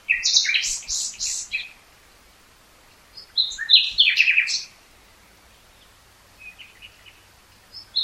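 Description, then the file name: Common nightingale song: loud phrase of rapid harsh repeated notes, a second varied phrase with whistles, then soft quiet notes after a pause. "Luscinia megarhynchos"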